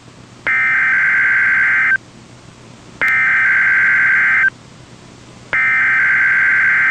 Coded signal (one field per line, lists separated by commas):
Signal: Emergency Alert System (SAME) tones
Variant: header bursts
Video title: NOAA Weather Radio - Weekly EAS Test - 7/13/16